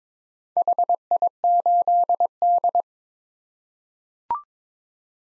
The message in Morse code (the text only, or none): HI8D